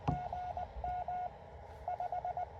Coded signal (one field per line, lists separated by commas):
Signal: Morse code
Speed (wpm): 22 wpm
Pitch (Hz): 690 Hz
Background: none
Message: GM 5